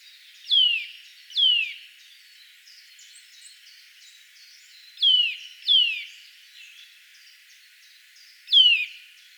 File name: Sitta europaea